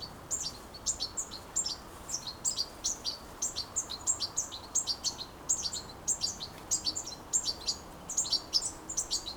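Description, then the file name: European goldfinch with lively twitters, rapid groups of high chirps repeated with only brief gaps across the whole stretch. "Carduelis carduelis"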